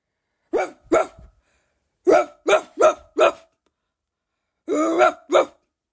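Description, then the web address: Dog barking in short, sharp woofs, two barks, then a quick burst of four, then two more after a pause. "perro agnia"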